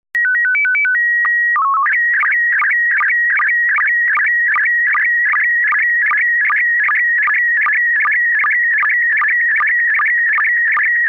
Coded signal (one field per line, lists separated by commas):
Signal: SSTV (slow-scan television)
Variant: PD 50